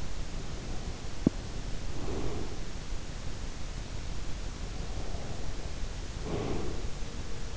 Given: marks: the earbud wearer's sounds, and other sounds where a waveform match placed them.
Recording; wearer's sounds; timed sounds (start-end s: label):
sounds in sleep by an in-ear microphone; breath
0.36-2.99 s: breath
4.80-7.57 s: breath